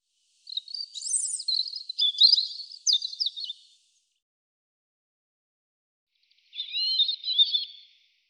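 European robin song: a long tumbling phrase of high sliding whistles and trills, then a silence of about three seconds and a shorter warbled phrase.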